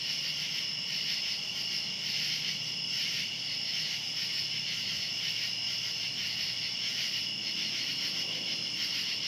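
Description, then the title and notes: Cicadas in a dense, even high buzz with subtle pulsing. Cicadas calling outdoors at night. "Ext. Cicadas, Night by Bandeto"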